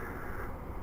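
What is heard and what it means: An ABS wheel speed sensor connector is slid into its harness socket behind the backing plate on the rear wheel of a 2007 second-generation Toyota Tundra. Only a steady, dull low-frequency rumble is heard for under a second, with no sharp transients. The connector is still being handled, and nothing has seated or clicked yet.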